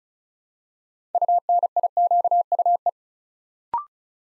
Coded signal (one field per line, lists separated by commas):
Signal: Morse code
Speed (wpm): 35 wpm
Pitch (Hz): 700 Hz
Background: none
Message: UNIQUE